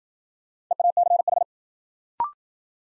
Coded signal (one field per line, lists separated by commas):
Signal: Morse code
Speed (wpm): 53 wpm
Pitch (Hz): 700 Hz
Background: none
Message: EACH